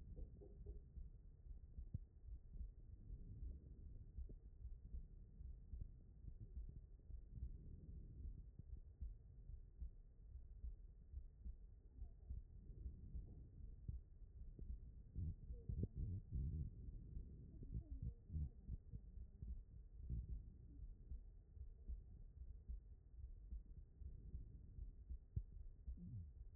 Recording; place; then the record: heart sounds by stethoscope; aortic valve (AV)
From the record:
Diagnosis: non-HFrEF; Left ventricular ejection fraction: 60%